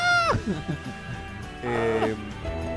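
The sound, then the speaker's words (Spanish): A person imitates a screaming goat with two loud, wavering bleats, the first high and sliding downward, the second longer and quavering, separated by a short pause with low murmuring. “Grité como la cabra.”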